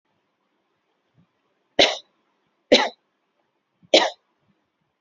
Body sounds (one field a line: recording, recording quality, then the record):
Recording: heavy voluntary cough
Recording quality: excellent, no background noise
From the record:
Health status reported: healthy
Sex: female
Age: 25 years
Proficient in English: yes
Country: India